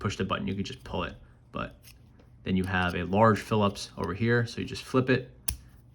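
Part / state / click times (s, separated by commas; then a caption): double-ended screwdriver bit into a multi-tool bit driver / seated / 5.5 s. Someone talks while a double-ended screwdriver bit is pulled from the bit driver of a Leatherman Skeletool CX multi-tool and flipped to its large Phillips end. At 5.5 s the bit is pushed back in with a single sharp click as it locks in place.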